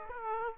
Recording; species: mosquito wingbeat signal from an infrared sensor; Aedes aegypti